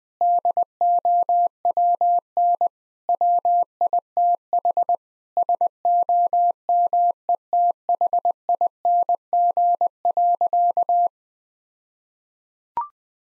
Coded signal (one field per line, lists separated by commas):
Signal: Morse code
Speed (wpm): 20 wpm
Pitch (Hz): 700 Hz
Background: none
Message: DOWN WITH SOMETHING.